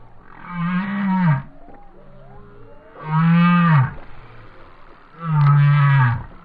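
Whale moans: three long, steady, low harmonic calls a few seconds apart, with faint gliding tones between them.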